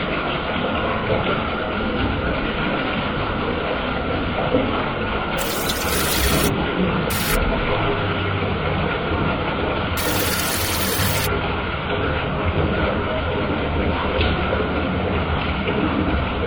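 Bath water runs in a steady, dense rush that holds at an even level for the whole stretch, with a low rumble underneath. The sound brightens into a sharper hiss for a moment around six seconds, again briefly near seven, and from about ten to eleven seconds.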